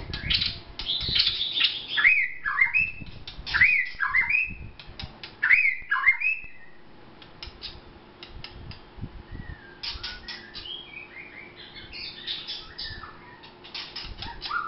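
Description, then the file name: White-rumped shama song: loud, repeated whistled phrases, followed by softer, varied warbling notes with light background rustling. Vietnam. "shama vietnam omkicau"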